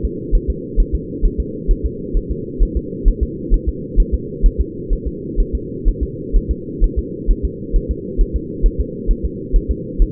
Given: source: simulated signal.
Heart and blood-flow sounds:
fetal heart sounds
0.05 s: S2
0.35 s: S1
0.50 s: S2
0.80 s: S1
0.95 s: S2
1.25 s: S1
1.40 s: S2
1.71 s: S1
1.86 s: S2
2.17 s: S1
2.31 s: S2
2.63 s: S1
2.77 s: S2
3.08 s: S1
3.23 s: S2
3.54 s: S1
3.69 s: S2
4.00 s: S1
4.14 s: S2
4.46 s: S1
4.61 s: S2
4.93 s: S1
5.07 s: S2
5.40 s: S1
5.55 s: S2
5.88 s: S1
6.03 s: S2
6.37 s: S1
6.51 s: S2
6.84 s: S1
6.99 s: S2
7.31 s: S1
7.45 s: S2
7.76 s: S1
7.91 s: S2
8.21 s: S1
8.36 s: S2
8.66 s: S1
8.80 s: S2
9.11 s: S1
9.25 s: S2
9.56 s: S1
9.71 s: S2
10.02 s: S1
From the record:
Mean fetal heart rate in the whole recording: 130 bpm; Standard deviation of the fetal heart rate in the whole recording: 4 bpm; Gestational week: 38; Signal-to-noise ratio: -4.1 dB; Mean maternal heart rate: no maternal heart sound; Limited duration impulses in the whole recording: absent

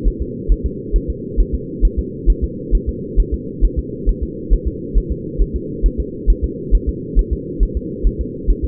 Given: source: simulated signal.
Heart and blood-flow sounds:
fetal heart sounds
0.07 s: S1
0.22 s: S2
0.52 s: S1
0.66 s: S2
0.96 s: S1
1.10 s: S2
1.40 s: S1
1.54 s: S2
1.85 s: S1
1.99 s: S2
2.30 s: S1
2.44 s: S2
2.75 s: S1
2.89 s: S2
3.20 s: S1
3.34 s: S2
3.64 s: S1
3.79 s: S2
4.09 s: S1
4.23 s: S2
4.53 s: S1
4.68 s: S2
4.97 s: S1
5.12 s: S2
5.42 s: S1
5.56 s: S2
5.86 s: S1
6.00 s: S2
6.30 s: S1
6.44 s: S2
6.75 s: S1
6.89 s: S2
7.19 s: S1
7.33 s: S2
7.63 s: S1
7.77 s: S2
8.07 s: S1
8.21 s: S2
8.50 s: S1
8.65 s: S2
From the record:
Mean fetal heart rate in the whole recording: 135 bpm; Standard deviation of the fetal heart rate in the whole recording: 3 bpm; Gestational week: 36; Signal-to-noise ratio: -4.1 dB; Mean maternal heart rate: no maternal heart sound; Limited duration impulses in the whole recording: absent

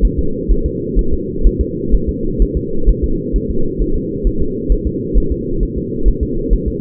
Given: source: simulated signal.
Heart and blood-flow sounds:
fetal heart sounds
0.05 s: S1
0.19 s: S2
0.52 s: S1
0.66 s: S2
0.99 s: S1
1.13 s: S2
1.47 s: S1
1.61 s: S2
1.95 s: S1
2.09 s: S2
2.42 s: S1
2.57 s: S2
2.89 s: S1
3.04 s: S2
3.36 s: S1
3.50 s: S2
3.82 s: S1
3.96 s: S2
4.27 s: S1
4.42 s: S2
4.72 s: S1
4.87 s: S2
5.17 s: S1
5.32 s: S2
5.63 s: S1
5.78 s: S2
6.08 s: S1
6.23 s: S2
6.53 s: S1
6.68 s: S2
From the record:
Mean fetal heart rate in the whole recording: 130 bpm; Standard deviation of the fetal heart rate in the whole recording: 2 bpm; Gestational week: 36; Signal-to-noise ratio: -8.1 dB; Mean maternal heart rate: 72 bpm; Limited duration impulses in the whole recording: absent

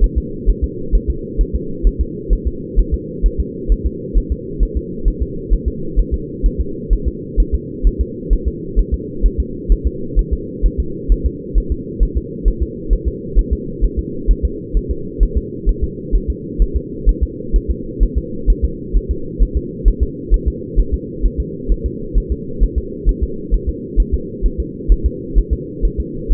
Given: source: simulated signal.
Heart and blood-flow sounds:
fetal heart sounds
0.04 s: S1
0.18 s: S2
0.49 s: S1
0.64 s: S2
0.95 s: S1
1.10 s: S2
1.41 s: S1
1.55 s: S2
1.87 s: S1
2.01 s: S2
2.33 s: S1
2.47 s: S2
2.79 s: S1
2.94 s: S2
3.26 s: S1
3.40 s: S2
3.72 s: S1
3.86 s: S2
4.18 s: S1
4.32 s: S2
4.63 s: S1
4.77 s: S2
5.08 s: S1
5.22 s: S2
5.53 s: S1
5.68 s: S2
6.00 s: S1
6.14 s: S2
6.46 s: S1
6.61 s: S2
6.93 s: S1
7.08 s: S2
7.40 s: S1
7.55 s: S2
7.87 s: S1
8.01 s: S2
8.33 s: S1
8.48 s: S2
8.79 s: S1
8.94 s: S2
9.26 s: S1
9.40 s: S2
9.72 s: S1
9.87 s: S2
10.19 s: S1
10.33 s: S2
10.66 s: S1
10.80 s: S2
11.12 s: S1
11.26 s: S2
11.58 s: S1
11.72 s: S2
12.03 s: S1
12.17 s: S2
12.48 s: S1
12.62 s: S2
12.93 s: S1
13.08 s: S2
13.39 s: S1
13.53 s: S2
13.85 s: S1
13.99 s: S2
14.31 s: S1
14.45 s: S2
14.77 s: S1
14.91 s: S2
15.23 s: S1
15.38 s: S2
15.69 s: S1
15.84 s: S2
16.16 s: S1
16.30 s: S2
16.62 s: S1
16.77 s: S2
17.09 s: S1
17.23 s: S2
17.56 s: S1
17.70 s: S2
18.03 s: S1
18.18 s: S2
18.50 s: S1
18.65 s: S2
18.97 s: S1
19.11 s: S2
19.43 s: S1
19.57 s: S2
19.88 s: S1
20.03 s: S2
20.34 s: S1
20.48 s: S2
20.80 s: S1
20.94 s: S2
21.25 s: S1
21.40 s: S2
21.72 s: S1
21.86 s: S2
22.18 s: S1
22.32 s: S2
22.63 s: S1
22.78 s: S2
23.09 s: S1
23.23 s: S2
23.54 s: S1
23.69 s: S2
24.00 s: S1
24.14 s: S2
24.46 s: S1
24.60 s: S2
24.92 s: S1
25.06 s: S2
25.38 s: S1
25.53 s: S2
25.85 s: S1
26.00 s: S2
26.32 s: S1
From the record:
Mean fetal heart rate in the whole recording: 130 bpm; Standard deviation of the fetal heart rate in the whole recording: 2 bpm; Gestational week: 36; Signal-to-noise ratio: -4.3 dB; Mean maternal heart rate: 72 bpm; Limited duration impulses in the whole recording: absent

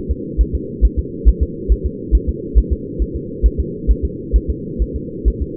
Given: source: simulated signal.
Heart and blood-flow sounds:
fetal heart sounds
0.11 s: S2
0.41 s: S1
0.55 s: S2
0.85 s: S1
0.99 s: S2
1.28 s: S1
1.43 s: S2
1.72 s: S1
1.86 s: S2
2.15 s: S1
2.29 s: S2
2.58 s: S1
2.73 s: S2
3.02 s: S1
3.16 s: S2
3.46 s: S1
3.60 s: S2
3.91 s: S1
4.05 s: S2
4.36 s: S1
4.50 s: S2
4.82 s: S1
4.96 s: S2
5.28 s: S1
5.42 s: S2
From the record:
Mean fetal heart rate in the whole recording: 135 bpm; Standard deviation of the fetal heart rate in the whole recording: 3 bpm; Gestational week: 34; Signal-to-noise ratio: -4.1 dB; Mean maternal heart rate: no maternal heart sound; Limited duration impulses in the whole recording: absent

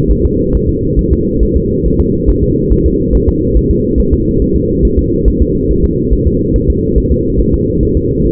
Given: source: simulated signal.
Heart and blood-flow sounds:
fetal heart sounds
0.11 s: S1
0.25 s: S2
0.55 s: S1
0.69 s: S2
0.99 s: S1
1.13 s: S2
1.43 s: S1
1.57 s: S2
1.86 s: S1
2.00 s: S2
2.30 s: S1
2.44 s: S2
2.72 s: S1
2.86 s: S2
3.15 s: S1
3.29 s: S2
3.57 s: S1
3.71 s: S2
4.00 s: S1
4.14 s: S2
4.42 s: S1
4.56 s: S2
4.85 s: S1
4.99 s: S2
5.28 s: S1
5.42 s: S2
5.71 s: S1
5.85 s: S2
6.13 s: S1
6.27 s: S2
6.56 s: S1
6.70 s: S2
6.98 s: S1
7.12 s: S2
7.41 s: S1
7.54 s: S2
7.83 s: S1
7.97 s: S2
8.26 s: S1
From the record:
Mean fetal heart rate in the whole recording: 140 bpm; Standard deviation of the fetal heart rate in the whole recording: 2 bpm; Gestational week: 34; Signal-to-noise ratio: -14.7 dB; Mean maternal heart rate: 72 bpm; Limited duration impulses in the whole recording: present

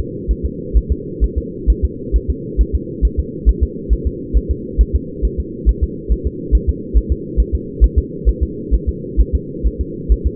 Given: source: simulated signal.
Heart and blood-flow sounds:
fetal heart sounds
0.31 s: S1
0.45 s: S2
0.77 s: S1
0.92 s: S2
1.24 s: S1
1.38 s: S2
1.70 s: S1
1.84 s: S2
2.16 s: S1
2.30 s: S2
2.61 s: S1
2.75 s: S2
3.05 s: S1
3.19 s: S2
3.49 s: S1
3.63 s: S2
3.93 s: S1
4.07 s: S2
4.37 s: S1
4.51 s: S2
4.81 s: S1
4.95 s: S2
5.25 s: S1
5.40 s: S2
5.69 s: S1
5.84 s: S2
6.12 s: S1
6.27 s: S2
6.55 s: S1
6.69 s: S2
6.97 s: S1
7.12 s: S2
7.40 s: S1
7.55 s: S2
7.84 s: S1
7.98 s: S2
8.29 s: S1
8.43 s: S2
8.74 s: S1
8.89 s: S2
9.20 s: S1
9.35 s: S2
9.66 s: S1
9.81 s: S2
10.12 s: S1
10.27 s: S2
From the record:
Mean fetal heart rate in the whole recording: 135 bpm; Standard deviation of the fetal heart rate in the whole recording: 3 bpm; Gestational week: 34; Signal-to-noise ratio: -4.1 dB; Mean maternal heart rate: no maternal heart sound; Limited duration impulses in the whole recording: absent

